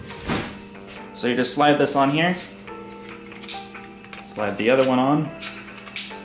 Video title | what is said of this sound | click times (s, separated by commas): Nintendo Switch Unboxing | it clicks into place and I said controller see it's got the grip and everything and | 6.0 s